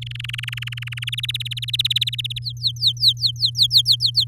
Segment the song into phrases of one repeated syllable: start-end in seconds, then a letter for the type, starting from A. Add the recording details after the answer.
0.01-1.04 A, 1.07-2.39 B, 2.42-4.24 C. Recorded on 7 May 2018 at 17:12. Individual llb16